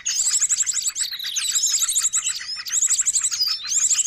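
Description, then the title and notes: Bird chorus of nonstop high twittering, sharp chirps and fast rattling trills overlapping in a busy, unbroken stream. Long-duration noisy bird sounds used as a lure (pikat) to attract birds; master training audio. "Master Burung Ribut. Burung Ribut Pikat"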